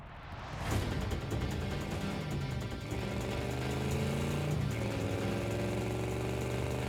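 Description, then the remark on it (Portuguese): A powerful car engine, the Batmobile, roars to life and keeps running loud and steady, its low droning hum shifting upward in pitch as it revs and pulls away, with no voices. “Beleza, eu vou no Batmóvel.”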